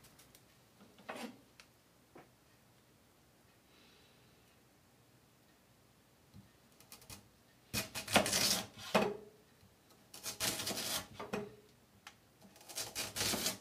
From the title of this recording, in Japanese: 煮物と包丁研ぎ